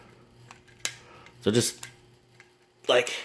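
The second plastic part of a Power of the Primes Leader Class Rodimus Unicronus transforming figure is pushed into the hook slots on the figure body and snaps into place with a sharp click at 0.9 s. Fainter ticks of the plastic follow, and someone talks.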